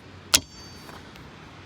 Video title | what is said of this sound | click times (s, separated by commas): 2010 Subaru Outback: Replacing the rear wiper blade | we'll rotate it clock counterclockwise till it goes click. | 0.3 s